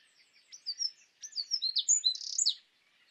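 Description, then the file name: Eurasian wren: a short, quieter, high phrase of sliding whistled notes that builds into a brief buzzy trill, with faint background hiss. "Troglodytes troglodytes"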